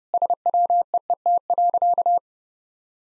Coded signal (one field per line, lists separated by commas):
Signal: Morse code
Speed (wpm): 32 wpm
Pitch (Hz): 700 Hz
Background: none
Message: SWEET.